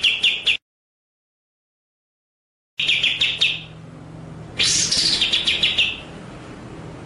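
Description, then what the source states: White-rumped shama song: short bursts of fast chattering notes, broken by a silent gap, then a long harsh buzzy phrase. Masteran (training) track of white-rumped shama song, delivered in full 'ngerol' (rolling) and 'nembak' (shooting) style.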